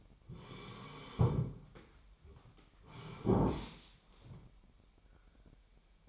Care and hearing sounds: daily activity, microphone in the room; sit down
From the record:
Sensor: 1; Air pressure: 998.6 hPa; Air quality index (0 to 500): 118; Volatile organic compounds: 3 ppm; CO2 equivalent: 1402 ppm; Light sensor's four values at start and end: 8/18/7/9 and 8/19/8/9

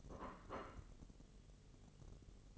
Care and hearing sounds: daily activity, microphone in the room; place plate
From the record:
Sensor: 4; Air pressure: 1002.9 hPa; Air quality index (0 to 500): 249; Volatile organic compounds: 20 ppm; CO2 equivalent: 2699 ppm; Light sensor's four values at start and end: 5/12/4/5 and 5/12/4/5

